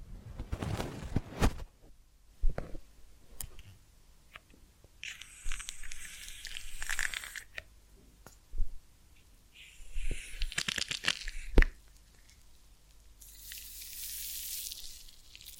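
Massage and ear cleaning sounds come in short bursts of rustling, crinkling and scratchy rubbing, separated by quiet pauses. Sharp clicks and taps land now and then, near 2.5, 8.5 and 11.5 seconds. The last few seconds bring a soft, steady hiss.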